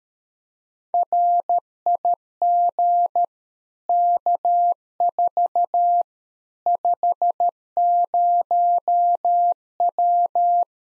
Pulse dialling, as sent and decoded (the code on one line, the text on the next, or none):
none